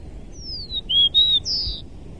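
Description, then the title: Bird singing a short phrase: a falling high whistle, two pure level whistled notes, then a higher slightly buzzy closing note. "LuckyPassaro Completos2Sama"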